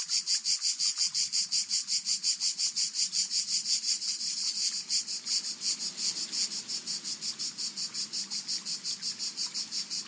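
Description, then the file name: Cicada song, a loud high rasping buzz throbbing in regular pulses roughly three per second throughout, with a faint low rumble beneath. "Son cigale"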